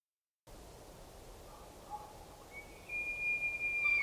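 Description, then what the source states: Roosevelt elk bugle: a thin, high, steady whistled tone held for over a second near the end, faint against a soft continuous wash of background noise. Bugle heard in the distance with river wash behind; also called Rainforest or Olympic elk; Queets and Quinault rainforest river valleys, late September 2023.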